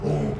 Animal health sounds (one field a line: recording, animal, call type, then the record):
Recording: contact call of a hoofed animal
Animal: pig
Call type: closed-mouth grunt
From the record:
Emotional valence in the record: negative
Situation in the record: short social isolation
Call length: 0.39 s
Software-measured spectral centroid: 1340 Hz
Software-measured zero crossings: 700 a second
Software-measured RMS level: -24 dBFS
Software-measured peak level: -13 dBFS